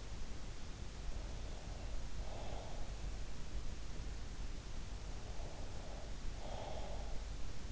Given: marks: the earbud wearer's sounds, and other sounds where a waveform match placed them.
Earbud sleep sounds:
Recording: sounds in sleep by an in-ear microphone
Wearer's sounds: breath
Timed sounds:
1.55-2.98 s: breath
5.15-7.44 s: breath

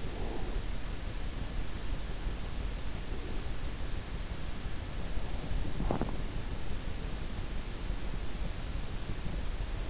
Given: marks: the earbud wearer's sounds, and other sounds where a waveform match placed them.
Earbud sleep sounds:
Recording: sounds in sleep by an in-ear microphone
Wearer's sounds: breath, teeth grinding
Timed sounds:
0.00-0.83 s: breath
5.23-6.10 s: teeth grinding

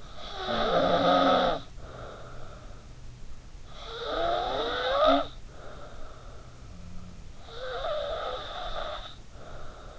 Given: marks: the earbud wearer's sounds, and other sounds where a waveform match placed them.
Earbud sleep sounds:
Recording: sounds in sleep by an in-ear microphone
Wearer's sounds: snoring breath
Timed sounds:
0.00-3.34 s: snoring breath
3.60-6.88 s: snoring breath
7.03-9.99 s: snoring breath

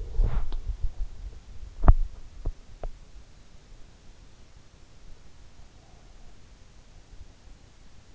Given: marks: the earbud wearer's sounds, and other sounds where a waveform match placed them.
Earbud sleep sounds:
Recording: sounds in sleep by an in-ear microphone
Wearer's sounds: body movement, teeth grinding, breath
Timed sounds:
0.15-2.98 s: body movement
1.84-2.98 s: teeth grinding
5.32-6.75 s: breath

